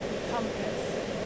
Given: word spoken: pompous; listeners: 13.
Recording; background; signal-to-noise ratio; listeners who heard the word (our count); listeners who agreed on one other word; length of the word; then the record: one English word in noise, from a listening test; speech-shaped noise; -6.2 dB; 0 of 13; 12 of 13; 0.86 s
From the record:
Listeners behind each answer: 12, 1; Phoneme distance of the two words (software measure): 20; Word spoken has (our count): 2 syllables, 6 phonemes, stress on syllable 1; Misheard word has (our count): 2 syllables, 6 phonemes, stress on syllable 1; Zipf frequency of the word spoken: 3.07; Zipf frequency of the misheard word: 3.73